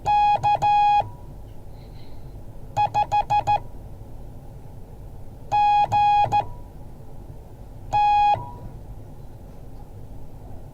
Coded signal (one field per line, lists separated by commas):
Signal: Morse code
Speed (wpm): 14 wpm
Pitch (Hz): 830 Hz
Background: none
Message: K5GT